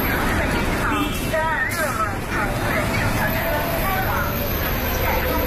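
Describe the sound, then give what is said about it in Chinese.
A route 126 city bus in Beijing pulls into a stop, its steady engine rumble and road noise loud and continuous beneath a busy hubbub of voices and brief squealing tones. “这是126路公交车进站时的声音，这段声音也伴随了这条线路上的乘客多年。”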